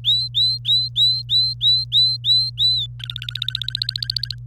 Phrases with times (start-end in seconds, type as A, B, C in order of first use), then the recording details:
0.04-2.86 A, 2.99-4.35 B. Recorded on 26 April 2018 at 05:59. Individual llb3